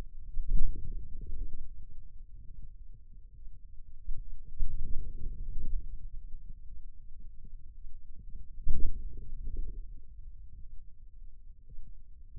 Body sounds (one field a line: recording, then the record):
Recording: forearm muscle sounds (acoustic myography)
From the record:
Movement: outward rotation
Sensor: system 2, bracelet of six BSWA MPA416 microphones around the upper forearm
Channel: 2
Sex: male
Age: 22 years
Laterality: right